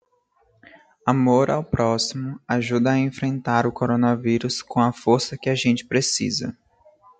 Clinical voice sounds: spoken sentence; Brazilian Portuguese; female; 20 to 29 years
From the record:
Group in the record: control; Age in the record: 22 years

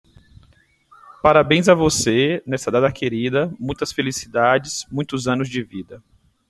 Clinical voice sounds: short text; Brazilian Portuguese; male; 30 to 39 years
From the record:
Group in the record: control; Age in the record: 39 years

